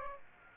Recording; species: mosquito wingbeat signal from an infrared sensor; Aedes aegypti